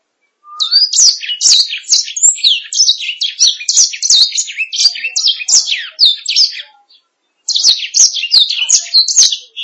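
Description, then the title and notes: Canary song with a long burst of fast, high, rattling chirps and trills, a pause of about half a second, then singing resumes. "Suara Burung Kenari"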